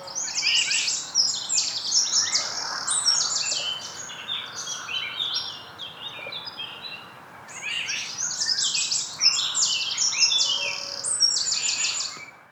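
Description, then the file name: Eurasian wren song: two long, loud bursts of rapid high trills and sharp notes, the second starting after a short pause, over a steady low background hiss. "Troglodytes troglodytes"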